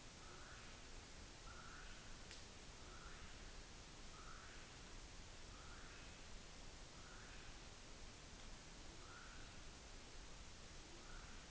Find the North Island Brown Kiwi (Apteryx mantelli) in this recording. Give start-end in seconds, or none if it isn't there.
0.00-11.50